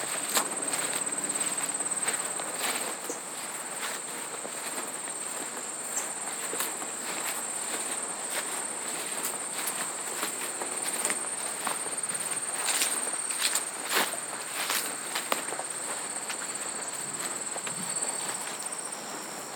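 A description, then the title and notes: Scattered footfalls crunch along the Eastmanville Farm Trail, irregular and fairly frequent, over a constant high insect or cricket drone throughout. Footfalls on a Farm Trail. Footsteps of your equine friends on the Eastmanville Farm Trail in Coopersville, Michigan.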